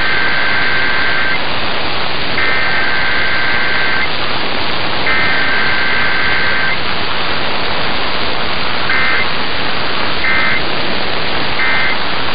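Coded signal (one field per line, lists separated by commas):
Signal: Emergency Alert System (SAME) tones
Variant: header bursts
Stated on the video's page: Sunday morning weekly tests.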